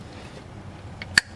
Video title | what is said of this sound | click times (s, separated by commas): How to change a Scion IQ's Engine Oil | What you're going to do is you're simply just going to push it in. Supposed to click in place. | 1.2 s